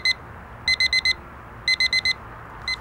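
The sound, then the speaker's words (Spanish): A neighbour's clock sounds six o'clock in quick bursts of four high, sharp electronic beeps, the burst repeating three times at steady one-second intervals over a faint low hum, with no talking. “mientras oigo que el reloj del vecino da las 6.”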